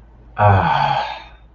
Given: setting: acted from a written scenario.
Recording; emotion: vocal sound without words; contentment